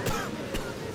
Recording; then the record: coughing mixed with background sound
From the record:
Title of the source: Coughing 51